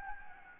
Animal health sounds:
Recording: mosquito wingbeat signal from an infrared sensor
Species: Anopheles gambiae

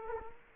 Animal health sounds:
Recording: mosquito wingbeat signal from an infrared sensor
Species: Culex quinquefasciatus

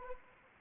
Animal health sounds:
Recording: mosquito wingbeat signal from an infrared sensor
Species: Anopheles arabiensis

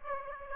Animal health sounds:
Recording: mosquito wingbeat signal from an infrared sensor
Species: Aedes aegypti

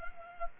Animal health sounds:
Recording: mosquito wingbeat signal from an infrared sensor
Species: Culex pipiens

